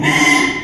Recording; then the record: squeal of a Yucatan mini pig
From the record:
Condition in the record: after surgery on the right vocal fold (resection and tissue-engineered implant); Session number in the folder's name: 3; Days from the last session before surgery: 33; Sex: male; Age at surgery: 12 weeks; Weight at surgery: 13 kg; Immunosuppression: cyclosporine, prednisolone